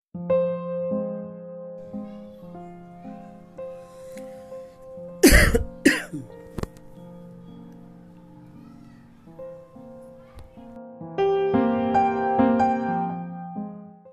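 Two sharp, harsh cough bursts come in quick succession about midway, followed by a brief click. They sound like an ordinary adult cough. Soft sustained music plays throughout the background.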